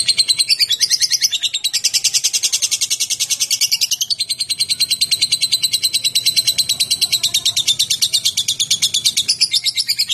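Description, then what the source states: Lovebird in continuous high, scratchy chatter of tightly packed pulses. Described with the term 'konslet'.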